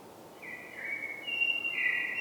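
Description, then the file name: Common blackbird call, a long level whistle that jumps up a step midway and grows louder toward the end. "Turdus merula"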